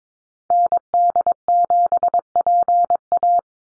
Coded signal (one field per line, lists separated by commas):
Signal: Morse code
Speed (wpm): 22 wpm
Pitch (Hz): 700 Hz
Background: none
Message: ND7PA